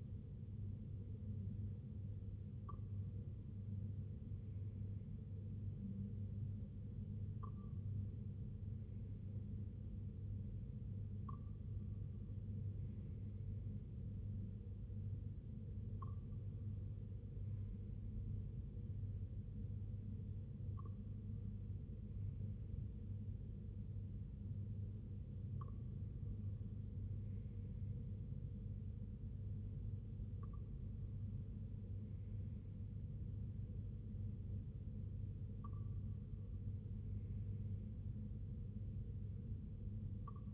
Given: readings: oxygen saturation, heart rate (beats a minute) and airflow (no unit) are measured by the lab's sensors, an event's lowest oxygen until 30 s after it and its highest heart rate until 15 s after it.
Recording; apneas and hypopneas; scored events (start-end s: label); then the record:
breathing in sleep by a smartphone at the bedside; none
none scored
From the record:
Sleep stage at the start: N2 (light sleep); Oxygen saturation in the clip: 93 to 95%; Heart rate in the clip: 59 to 64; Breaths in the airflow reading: 8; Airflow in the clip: -4.6 to 2.6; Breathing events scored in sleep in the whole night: 258 in 7.4 hours asleep